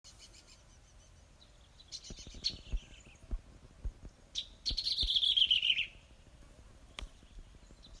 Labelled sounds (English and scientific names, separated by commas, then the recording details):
Boran Cisticola (Cisticola bodessa)
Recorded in northern Uganda